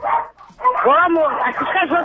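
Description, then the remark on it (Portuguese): Dogs bark and yelp in a quick, overlapping run of high, pitch-bending cries, fairly loud, with a brief gap near the start before the barking continues steadily. “Esses cachorros estão aqui, né?”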